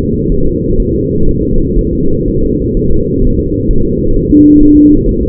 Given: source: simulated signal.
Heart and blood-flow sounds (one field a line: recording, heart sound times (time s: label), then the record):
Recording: fetal heart sounds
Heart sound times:
0.32 s: S1
0.46 s: S2
0.80 s: S1
0.94 s: S2
1.29 s: S1
1.43 s: S2
1.79 s: S1
1.93 s: S2
2.28 s: S1
2.43 s: S2
2.77 s: S1
2.91 s: S2
3.24 s: S1
3.39 s: S2
3.71 s: S1
3.85 s: S2
4.16 s: S1
4.31 s: S2
4.62 s: S1
4.77 s: S2
5.09 s: S1
5.23 s: S2
From the record:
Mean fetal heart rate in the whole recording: 130 bpm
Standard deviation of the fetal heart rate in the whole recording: 4 bpm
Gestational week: 38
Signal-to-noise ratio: -17.7 dB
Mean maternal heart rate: 72 bpm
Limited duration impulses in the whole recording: present